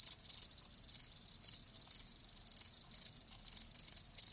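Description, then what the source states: Cricket chirps, high and pulsed, arriving in bursts about every half second. Live crickets, presented as a sleep sound.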